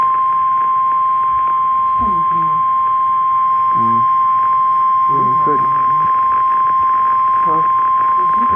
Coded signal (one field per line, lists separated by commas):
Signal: Emergency Alert System (SAME) tones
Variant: 1050 Hz attention tone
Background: speech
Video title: EAS Alert #60: Flash Flood Warning for Chesire, Hillsborough and Sullivan Counties in New Hampshire.